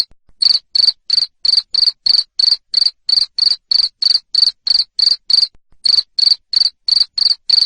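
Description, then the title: Cricket sounding harsh, pulsed chirps in a quick steady rhythm, about three per second, with one brief break. Loud cricket chirping used to stimulate lovebirds to sing continuously. "Suara JANGKRIK NGERIK Keras Bikin LOVEBIRD Jadi NGEKEK Terus Vubey"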